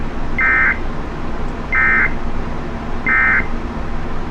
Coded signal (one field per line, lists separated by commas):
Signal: Emergency Alert System (SAME) tones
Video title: 4 Severe Thunderstorm Warnings || 9-6-24 (EAS #3,061-3,064)